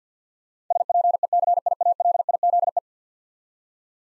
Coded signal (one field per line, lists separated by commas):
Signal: Morse code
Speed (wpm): 50 wpm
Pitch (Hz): 700 Hz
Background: none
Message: SPECIALIZE